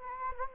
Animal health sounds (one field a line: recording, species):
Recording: mosquito wingbeat signal from an infrared sensor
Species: Anopheles gambiae